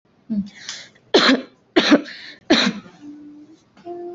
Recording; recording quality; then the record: heavy voluntary cough; excellent, no background noise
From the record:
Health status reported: healthy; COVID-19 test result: negative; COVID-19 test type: RT-PCR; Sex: female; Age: 19 years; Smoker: no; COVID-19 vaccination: both doses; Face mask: worn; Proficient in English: yes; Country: India